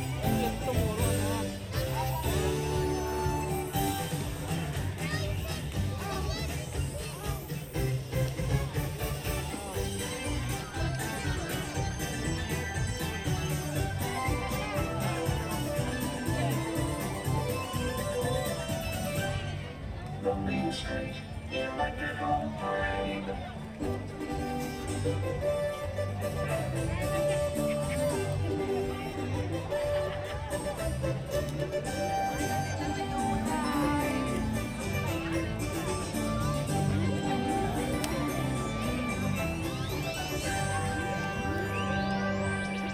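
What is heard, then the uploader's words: Loud, continuous parade music plays, a dense electronic arrangement with bouncy bass and bright synth melodies, thinning briefly near twenty seconds. The Main Street Electrical Parade (Disneyland) Binaural Recording.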